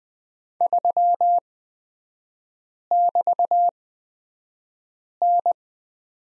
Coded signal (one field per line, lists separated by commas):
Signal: Morse code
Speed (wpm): 20 wpm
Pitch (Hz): 700 Hz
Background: none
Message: 3<BT>N